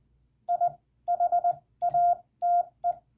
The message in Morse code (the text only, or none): I HATE